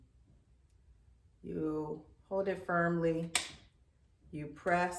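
A disposable injector pen is held firmly against the skin of the belly while someone talks about holding it and pressing its button. The clip ends just before the press, so nothing has clicked or seated yet.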